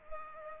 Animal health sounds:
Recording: mosquito wingbeat signal from an infrared sensor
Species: Culex pipiens

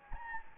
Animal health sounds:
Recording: mosquito wingbeat signal from an infrared sensor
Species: Anopheles gambiae

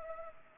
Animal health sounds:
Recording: mosquito wingbeat signal from an infrared sensor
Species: Culex pipiens

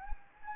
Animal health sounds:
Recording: mosquito wingbeat signal from an infrared sensor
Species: Anopheles gambiae

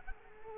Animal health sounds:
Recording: mosquito wingbeat signal from an infrared sensor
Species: Culex quinquefasciatus

